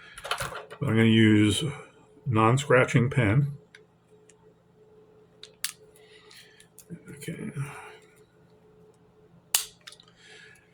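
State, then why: Released. During disassembly of a Sterling 302 .22 LR pistol, a retaining pin is pushed in with a non-scratching pen until it pops free out the back of the metal frame. Someone talks at first, then faint handling ticks are followed by a sharp, loud pop at 9.6 s as the pin releases.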